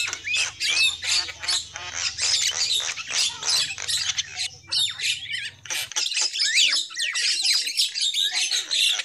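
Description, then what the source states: Lovebirds keep up a busy, scratchy chorus of high squawks and twittering notes, with a soft low hum that stops after about six seconds. Lure call used for trapping lovebirds.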